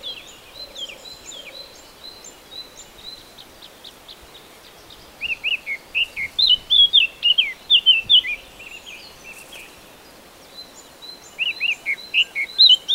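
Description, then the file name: Eurasian blackcap song: two hurried warbling runs of zigzag notes, with faint high chirps in the background. "Sylvia atricapilla"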